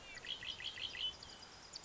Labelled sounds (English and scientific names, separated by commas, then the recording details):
Red-winged Blackbird (Agelaius phoeniceus)
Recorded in Sonoma County, California